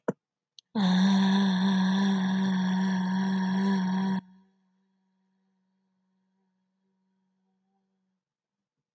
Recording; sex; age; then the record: vowel held as long as possible; female; 40 to 49 years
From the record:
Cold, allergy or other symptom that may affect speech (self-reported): no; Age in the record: 41 years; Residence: California, United States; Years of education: 17